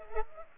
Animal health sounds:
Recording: mosquito wingbeat signal from an infrared sensor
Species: Culex pipiens

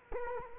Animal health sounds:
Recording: mosquito wingbeat signal from an infrared sensor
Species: Culex quinquefasciatus

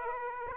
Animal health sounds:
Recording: mosquito wingbeat signal from an infrared sensor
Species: Aedes aegypti

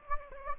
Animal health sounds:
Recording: mosquito wingbeat signal from an infrared sensor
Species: Anopheles gambiae

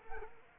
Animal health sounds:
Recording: mosquito wingbeat signal from an infrared sensor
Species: Culex quinquefasciatus

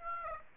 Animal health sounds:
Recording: mosquito wingbeat signal from an infrared sensor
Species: Aedes aegypti

